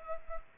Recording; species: mosquito wingbeat signal from an infrared sensor; Culex pipiens